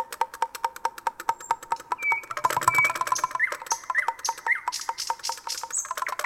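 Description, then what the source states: Common nightingale song: steady repeated low ticks at first, then clear whistles and short upward-sweeping notes. Recorded in a city.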